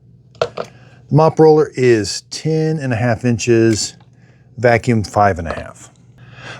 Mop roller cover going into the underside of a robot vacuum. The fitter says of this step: and push that till it clicks.